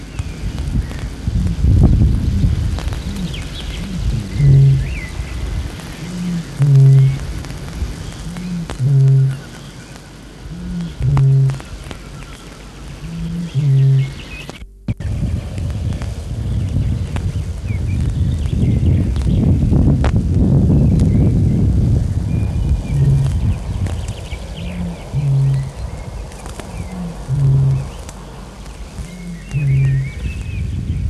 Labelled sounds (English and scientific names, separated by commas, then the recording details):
Great Bittern (Botaurus stellaris)
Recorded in the wild
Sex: male
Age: adult
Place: Hähnichen, Teichgebiet Niederspree, Sachsen, DE
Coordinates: 51.3864, 14.8831
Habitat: pond
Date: 1957-04-30
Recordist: Meyer, Hugo